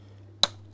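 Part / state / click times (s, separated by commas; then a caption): printed or small mechanical part pressed into its mating joint of the micro-positioner build / seated / 0.4 s. A small part for a RepRapMicron micro-positioner build is pressed at an angle into its mating joint with Lindström pliers, using a lot of force. Over a steady low hum, one sharp, bright snap rings out at 0.4 s and then fades quickly. The part snaps and seats in place.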